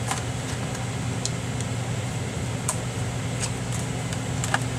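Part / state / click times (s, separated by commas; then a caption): laptop keyboard into the laptop top case / seated / 1.2 s, 2.7 s, 4.4 s, 4.5 s. A plastic keyboard is put back into the top case of an HP 2000 laptop and pressed along its edge until it snaps into place. Sharp clip snaps are heard at 1.2, 2.7, 4.4 and 4.5 seconds over a steady low hum, with softer ticks in between. The keyboard ends up seated.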